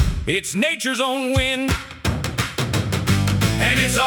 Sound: Group Chant